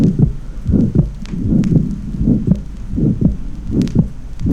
In atrial septal defect, because of the increased pulmonary flow, P2 is delayed, loud, and may be virtually unaffected by respiration. Taken in natural respiration, illustrates this widely split, fixed second heart sound.